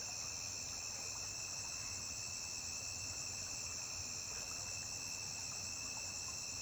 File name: Grilo agudo isola cantando beira de rio